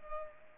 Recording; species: mosquito wingbeat signal from an infrared sensor; Culex pipiens